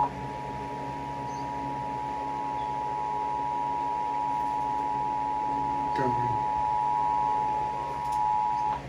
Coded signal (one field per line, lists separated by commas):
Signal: Emergency Alert System (SAME) tones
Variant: 853 and 960 Hz attention tone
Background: speech